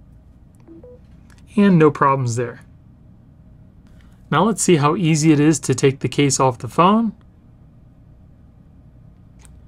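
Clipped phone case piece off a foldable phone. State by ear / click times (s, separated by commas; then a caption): released / 9.4 s. Someone talks, then a clipped case piece is pulled off a Galaxy Z Fold 5 foldable phone with force. It releases with a sharp click at 9.5 s and comes off.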